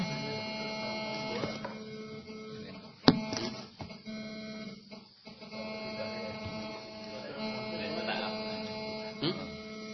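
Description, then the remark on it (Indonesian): A printer runs steadily, its motor whirring with a buzzy, tonal hum, broken by a sharp mechanical clack early on and another near the end as the paper feeds through. “Kayak mesin print ya, printer.”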